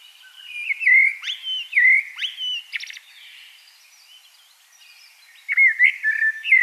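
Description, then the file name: Common blackbird song: sliding fluty whistles and a burst of dry high clicks, a pause, then more mellow warbled notes. "Turdus merula"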